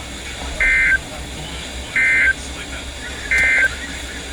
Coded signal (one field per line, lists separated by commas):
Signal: Emergency Alert System (SAME) tones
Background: speech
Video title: Here we go Again! (EAS#380-382)